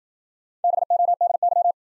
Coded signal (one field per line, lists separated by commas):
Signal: Morse code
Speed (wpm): 56 wpm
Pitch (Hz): 700 Hz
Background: none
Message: BODY